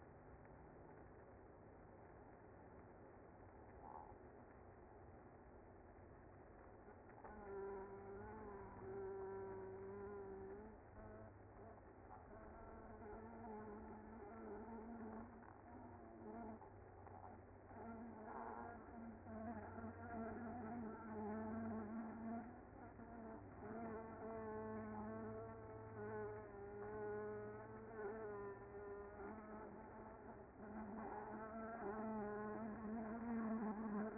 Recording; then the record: honeybee colony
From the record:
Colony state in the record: active